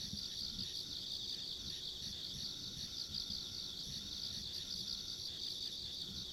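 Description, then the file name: Insect chorus of unbroken shrill trilling, faintly pulsing, over a low rumbling background. Ambient insect sounds along a rural country road. "田舎道の虫の環境音"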